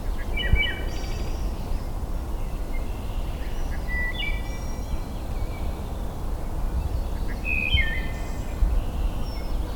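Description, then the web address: Wood thrush song: three clear fluty phrases with buzzy trilled tails, a few seconds apart, against steady low-frequency noise. Recorded in Michigan on 23 May 2008. "Michigan Bird Songs Hylocichla mustelina"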